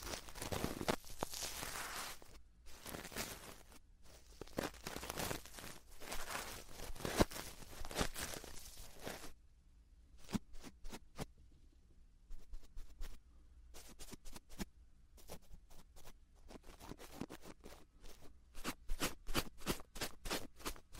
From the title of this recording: ear cleaning ear touching sound